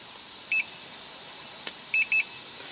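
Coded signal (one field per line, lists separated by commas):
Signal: beep code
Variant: car push-button start immobilizer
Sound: one short high beep, a click, then two quick high beeps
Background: quiet room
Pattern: 1 short, 2 short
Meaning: Two beeps mean unlocked and the car can be started; one beep means locked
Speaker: so what I'm guessing is two beeps two beeps allows you to start it One Beat doesn't do nothing for you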